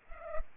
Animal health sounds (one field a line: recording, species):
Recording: mosquito wingbeat signal from an infrared sensor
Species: Culex pipiens